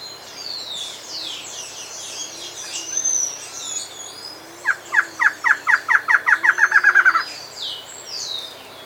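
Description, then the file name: Bird giving a fast, accelerating string of about fourteen slurred notes midway, with high thin notes before and after. "SABIOD 50 bird 2015"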